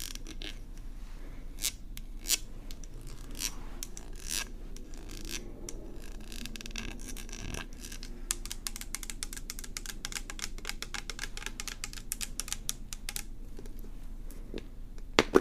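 Scalp care sounds: scratching, plucking and brushing through hair, heard as dense, quick crackly ticks and scrapes. Sharp clicks come in irregular bursts, growing busier and faster after about eight seconds, over a constant low rustle, with a louder snap near the end.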